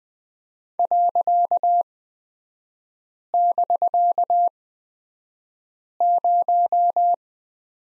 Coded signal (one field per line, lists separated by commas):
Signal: Morse code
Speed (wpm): 20 wpm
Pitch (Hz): 700 Hz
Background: none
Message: .<BK>0